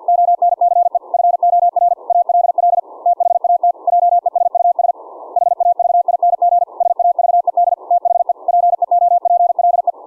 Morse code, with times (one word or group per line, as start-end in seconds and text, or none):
0.1-1.0 ONCE
1.1-1.9 FOR
2.1-2.8 ALL
3.1-3.7 THAT
3.9-4.9 JESUS
5.4-6.6 HAVING
6.8-7.7 SAVED
7.9-8.3 THE
8.5-9.9 PEOPLE